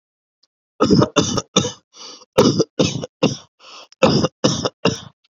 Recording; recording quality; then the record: shallow voluntary cough; excellent, no background noise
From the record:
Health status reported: COVID-19 positive, mild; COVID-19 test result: positive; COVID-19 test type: RT-PCR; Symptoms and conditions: cough, cold, sore throat, fatigue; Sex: male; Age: 26 years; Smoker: no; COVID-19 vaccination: both doses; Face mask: not worn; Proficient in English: yes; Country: India